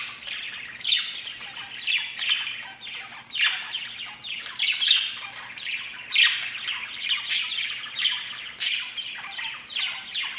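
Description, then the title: Budgerigar chatter: dense, scratchy warbling with squawky notes and sharp high chirps throughout. "Budgie Sounds"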